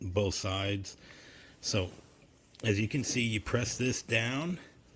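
Someone talks while handling a clip-on wheel for a plastic pet kennel base, pressing the wheel's release tab down to slide it into its mount. The wheel has not seated or clicked into place yet.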